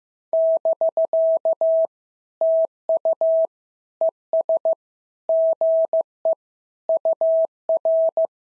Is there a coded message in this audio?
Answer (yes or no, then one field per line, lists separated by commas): yes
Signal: Morse code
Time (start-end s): 0.3-8.3 s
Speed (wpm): 14 wpm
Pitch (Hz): 650 Hz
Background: none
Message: <BK> TU ES GE UR